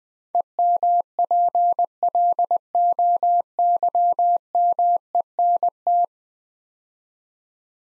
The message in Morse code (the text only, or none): EMPLOYMENT